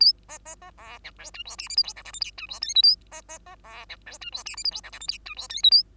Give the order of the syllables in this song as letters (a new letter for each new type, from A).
A B B B C D E F G H I J K L M N O F G P Q A B B B C D E F G H I J K L M N O F G P Q A